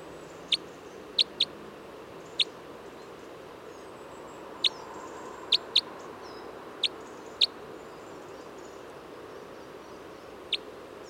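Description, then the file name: Red crossbill calling with scattered short, sharp kip notes, some paired, separated by gaps of up to about three seconds, over quiet background hiss. Type N call type; flight calls. "Red Crossbill Type N 14-FCs"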